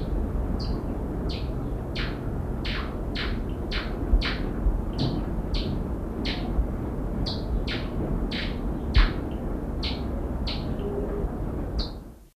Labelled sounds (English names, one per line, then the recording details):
Sparkling Violetear call
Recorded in captivity
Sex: male
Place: Heidelberg, Baden-Württemberg, DE
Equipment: Halbspur, 9,5 cm/s
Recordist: Lütgens, Hans